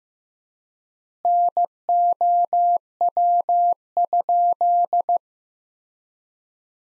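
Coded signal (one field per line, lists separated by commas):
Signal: Morse code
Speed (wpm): 15 wpm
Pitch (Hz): 700 Hz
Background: none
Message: NOW?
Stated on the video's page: Practice sentences built from the top 100 words, sent at 15 wpm with 3x standard word spacing, a word-level analogue of Farnsworth spacing.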